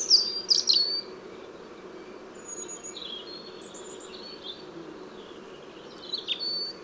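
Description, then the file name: European robin giving a brief high warbling phrase, then softer thin notes and a final sharp phrase near the end, with low steady hum behind. "Erithacus rubecula"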